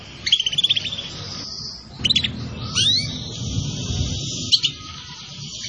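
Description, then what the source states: Canary trilling in quick pulsed phrases, then a long buzzy rolling note with a rising whistle; faint low hum underneath. Recording used as a bird lure.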